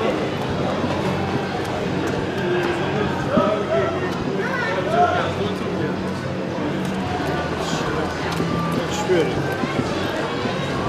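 A dense, steady hum of crowd voices fills an amusement park, many people talking at once with no single speaker standing out. Brief higher calls and shouts rise above the chatter around four to five seconds and again near nine, with scattered footsteps and knocks throughout.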